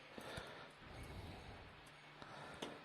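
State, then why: Seated. A machine screw, the second screw of the vise or table on a 10-inch stainless trim saw, is turned backwards in the threaded hole of the saw table to find the thread start. Over a low steady background, two short sharp clicks sound at 2.2 s and 2.6 s as the thread lines up and clicks into place, so the screw is seated.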